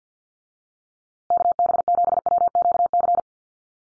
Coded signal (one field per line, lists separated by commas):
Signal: Morse code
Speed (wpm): 50 wpm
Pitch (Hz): 700 Hz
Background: none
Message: KB7WQC